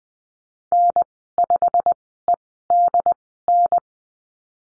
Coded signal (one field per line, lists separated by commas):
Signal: Morse code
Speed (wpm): 20 wpm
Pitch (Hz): 700 Hz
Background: none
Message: N5EDN